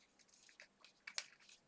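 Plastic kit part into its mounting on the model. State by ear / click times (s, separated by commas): not seated / none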